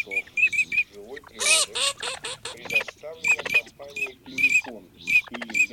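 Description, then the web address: Eurasian teal calls: short, high whistled notes repeated in quick pairs and triplets, mixed with lower nasal chattering notes throughout. Made for an electronic hunting caller. "Чирок-свистунок Alzavola. plurifon"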